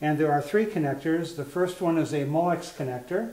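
Someone talks while handling the transformer's plastic Molex connector that will go into its mating wiring socket in the amplifier. Only talking is heard, and nothing has seated or clicked yet.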